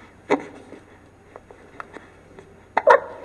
The snuffly grunting of a hiccuping baby.